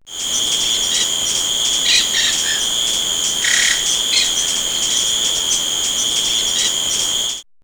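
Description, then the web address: Insect chirping as a steady, continuous high trill with a second higher band, over a constant hiss, with brief faint chirps scattered through. "X-Static Goldmine. Birds Insect"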